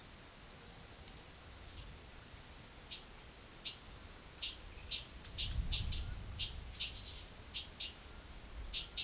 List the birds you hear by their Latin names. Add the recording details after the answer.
none. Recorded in forest near Pivijay, Magdalena, Colombia, on 17 April 2023 at 18:00. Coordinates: 10.467, -74.380. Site Z5-G034